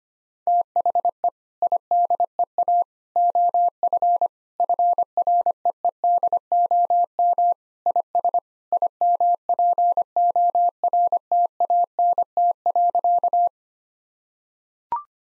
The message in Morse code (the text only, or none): THE IDEA OF FREEDOM IS IMPORTANT.